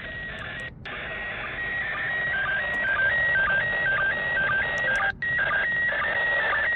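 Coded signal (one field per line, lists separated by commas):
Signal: SSTV (slow-scan television)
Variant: PD 120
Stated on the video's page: SSTV picture from the International Space Station received on 145.800 MHz with a Yaesu FT-65 handheld and stock rubber duck antenna; somewhat noisy.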